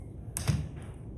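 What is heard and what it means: A new passenger-side wiper blade for a 2023–2026 Chevy Blazer is pushed onto the J-hook wiper arm, and its plastic cover clip on the blade adapter is pressed down. A sharp snap is heard at 0.4 s as the cover clicks shut, and the blade is seated on the arm.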